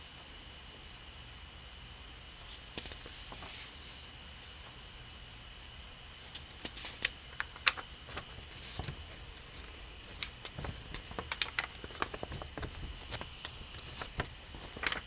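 Unintelligible whispers, soft and breathy, sit over a steady faint hum with a thin high tone running throughout. From about six seconds on, quick dry clicks and taps break in, growing busier and more frequent toward the end.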